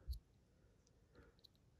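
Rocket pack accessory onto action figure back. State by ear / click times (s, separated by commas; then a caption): not seated / none. A hard-plastic rocket pack with a rubbery antenna is fitted onto the back of an action figure. Brief faint plastic clicks and taps are heard around 0.1 s and 1.5 s. The pack does not snap into place and only bounces around loosely, so nothing has seated or clicked yet.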